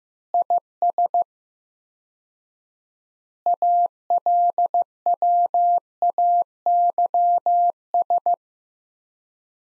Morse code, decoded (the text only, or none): IS ALWAYS